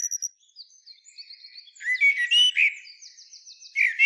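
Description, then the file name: Eurasian blackbird song phrase of fluty whistles and squeaky twitters, with thin high notes and a rapid high trill. "Turdus merula"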